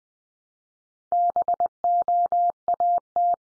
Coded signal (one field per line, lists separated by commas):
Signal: Morse code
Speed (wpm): 20 wpm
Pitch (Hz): 700 Hz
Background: none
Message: BOAT